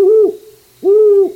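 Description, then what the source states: Great horned owl hoots: two deep, steady hoots, each under half a second long and separated by a short pause, in otherwise quiet surroundings. Duet of a pair of great horned owls hooting back and forth at night.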